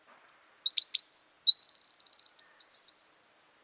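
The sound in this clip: Northern wren song: a rapid, high-pitched cascade of tinkling notes, then a dry buzzy trill, ending in a run of quick whistled notes.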